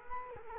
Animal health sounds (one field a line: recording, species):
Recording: mosquito wingbeat signal from an infrared sensor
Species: Culex quinquefasciatus